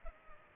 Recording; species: mosquito wingbeat signal from an infrared sensor; Culex pipiens